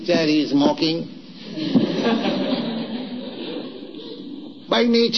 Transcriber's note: laughter